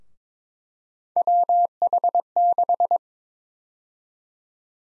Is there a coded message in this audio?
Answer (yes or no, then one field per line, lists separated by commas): yes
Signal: Morse code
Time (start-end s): 1.2-3.0 s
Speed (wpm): 22 wpm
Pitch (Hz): 700 Hz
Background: none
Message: WH6